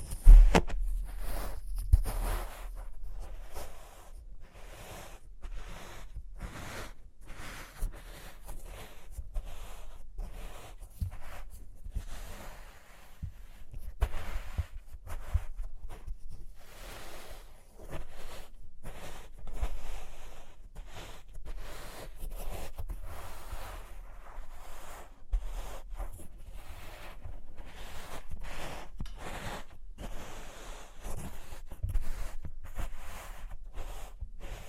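Experimental triggers with test tubes: a steady run of small tapping, scraping and rustling sounds, dense and irregular, mostly quiet and bright. A louder knock or thump opens the recording, and the texture continues without pause throughout.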